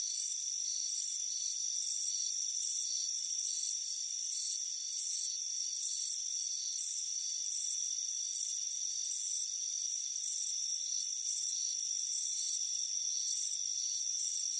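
Shrill cricket chirping, repeated in short pulses with small gaps, layered over a continuous thin high hum.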